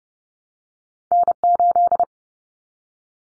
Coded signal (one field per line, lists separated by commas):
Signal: Morse code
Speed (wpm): 30 wpm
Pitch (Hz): 700 Hz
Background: none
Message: N8